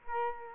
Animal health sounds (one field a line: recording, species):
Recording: mosquito wingbeat signal from an infrared sensor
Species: Culex quinquefasciatus